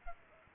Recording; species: mosquito wingbeat signal from an infrared sensor; Culex pipiens